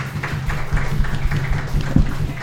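A crowd applauds with steady, dense clapping that stays at an even, fairly loud level throughout, over a low steady hum.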